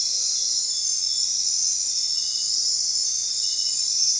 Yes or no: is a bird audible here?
no